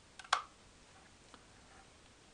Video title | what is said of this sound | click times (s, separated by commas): Обзор пистолета Crosman Benjamin Trail NP | Открыли казённик, заводите до щелчка. | 0.3 s